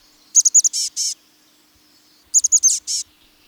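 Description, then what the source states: Chestnut-backed Chickadee utters a rapid string of high sharp chips followed by scratchy buzzy notes, the whole phrase repeated twice about two seconds apart. Resplendent brown chickadee of the Pacific Northwest.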